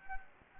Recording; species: mosquito wingbeat signal from an infrared sensor; Anopheles arabiensis